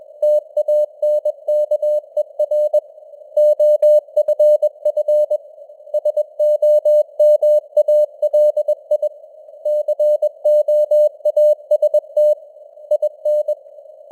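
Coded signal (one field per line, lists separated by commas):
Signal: Morse code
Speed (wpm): 21 wpm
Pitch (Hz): 600 Hz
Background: none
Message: TANKER OFF SOMALI COAST IN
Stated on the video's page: News headlines in Morse at 21 wpm with simulated radio noise and varying signal strength (QSB).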